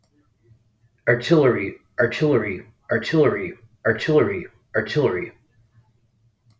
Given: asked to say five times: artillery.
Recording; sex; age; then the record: repeated word; male; 60 to 69 years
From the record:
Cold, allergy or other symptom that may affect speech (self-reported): no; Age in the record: 60 years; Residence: Florida, United States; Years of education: 18